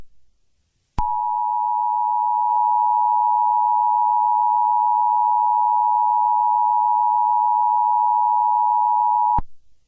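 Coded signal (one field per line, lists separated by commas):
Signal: Emergency Alert System (SAME) tones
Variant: 853 and 960 Hz attention tone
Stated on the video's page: Simulated EAS scenario.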